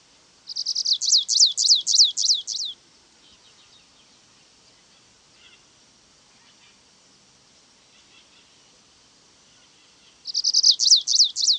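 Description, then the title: Stripe-tailed yellow finch giving two high, chirpy song phrases several seconds apart, each a rapid run of down-slurred notes, with faint ticking in between. Subspecies Sicalis citrina citrina. "LuckyPassaro Completos2Sama. Stripe-tailed Yellow Finch"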